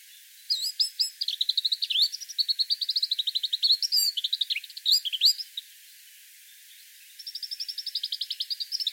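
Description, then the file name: Eurasian blackcap giving a long rapid series of high chattering notes mixed with quick squeaky sweeps, pausing about one and a half seconds before resuming with an even trill. "Sylvia atricapilla"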